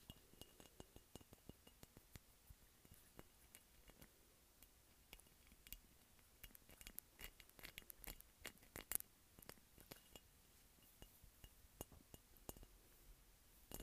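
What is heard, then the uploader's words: Bumpy glass is tapped in quick, irregular clicks and clinks throughout, with a few sharper, brighter hits near nine seconds. ASMR Tapping Bumpy Glass.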